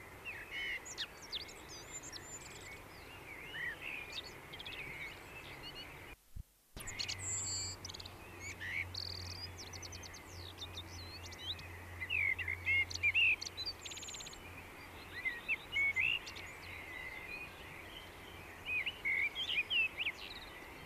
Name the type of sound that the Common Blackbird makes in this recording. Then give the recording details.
song. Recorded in the wild. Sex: male. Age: adult. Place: Garmisch-Partenkirchen, Bayern, DE. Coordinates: 47.4928, 11.0761. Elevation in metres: 706. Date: 1968-04-24. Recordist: Tretzel, Erwin. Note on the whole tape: Maximilianstraße 1, Garmisch-Partenkirchen: Gesang